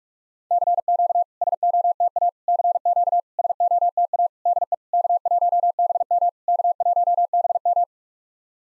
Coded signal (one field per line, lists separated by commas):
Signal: Morse code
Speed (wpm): 46 wpm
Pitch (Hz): 700 Hz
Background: none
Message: CQ SOTA CQ SOTA DE K1BM K1BM